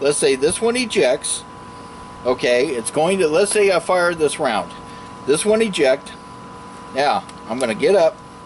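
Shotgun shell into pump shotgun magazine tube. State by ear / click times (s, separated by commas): not seated / none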